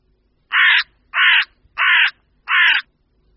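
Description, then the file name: Carrion crow uttering a steady series of four rough, grating caws with short gaps between them. "Vrána obecná"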